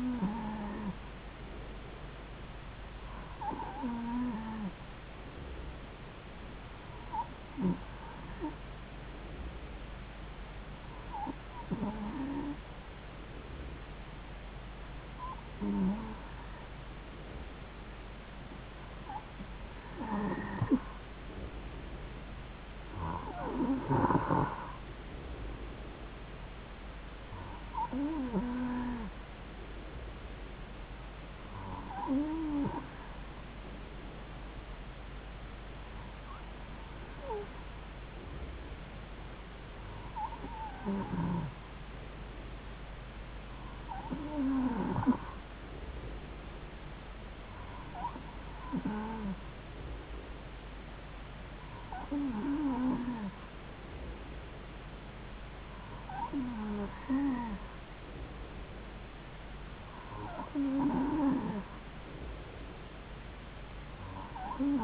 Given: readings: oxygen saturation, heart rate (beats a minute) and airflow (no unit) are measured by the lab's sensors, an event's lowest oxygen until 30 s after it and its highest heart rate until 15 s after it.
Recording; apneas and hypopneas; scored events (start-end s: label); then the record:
breathing in sleep by a voice recorder at the bedside; none
none scored
From the record:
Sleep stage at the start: N2 (light sleep); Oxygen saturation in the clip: 92 to 93%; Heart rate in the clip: 70 to 75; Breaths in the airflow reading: 16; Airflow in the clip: -3.6 to 3.3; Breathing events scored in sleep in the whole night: 270 in 6.1 hours asleep